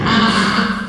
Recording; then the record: squeal of a Yucatan mini pig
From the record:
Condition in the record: after surgery on the right vocal fold (resection and tissue-engineered implant); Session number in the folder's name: 16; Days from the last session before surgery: 183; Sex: female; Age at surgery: 19 weeks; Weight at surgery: 25 kg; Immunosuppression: prednisolone